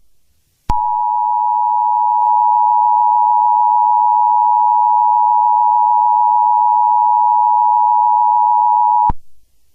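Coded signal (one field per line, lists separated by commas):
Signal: Emergency Alert System (SAME) tones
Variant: 853 and 960 Hz attention tone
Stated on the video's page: Fictional EAS scenario that the page says has valid tones.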